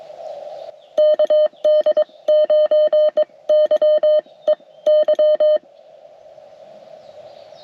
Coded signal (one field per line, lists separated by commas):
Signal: Morse code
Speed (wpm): 22 wpm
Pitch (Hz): 610 Hz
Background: none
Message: KD9YEY